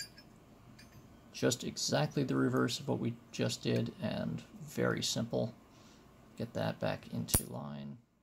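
During reassembly of a Yale 323/324 auxiliary mortise deadbolt, an internal lock mechanism part is lined up again and pressed into the cast iron lock case while someone talks. Faint handling taps come near the start and a sharp tick around 7.4 s. The clip ends before the part goes home, so nothing has seated or clicked yet.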